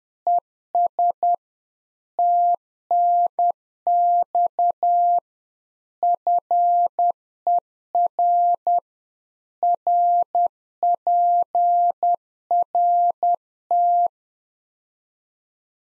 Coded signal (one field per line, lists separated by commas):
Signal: Morse code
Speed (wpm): 10 wpm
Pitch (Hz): 700 Hz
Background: none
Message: ES TNX FER RPRT